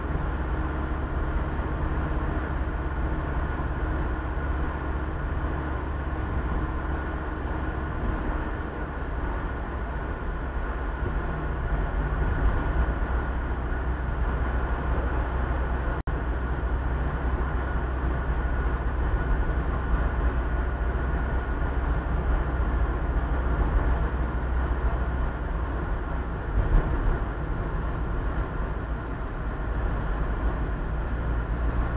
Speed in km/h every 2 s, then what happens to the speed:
58, 57, 58, 58, 56, 55, 53, 53, 52, 52, 53, 52, 51, 50, 49, 48.
0-32 slows to 48.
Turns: none.